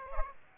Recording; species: mosquito wingbeat signal from an infrared sensor; Aedes aegypti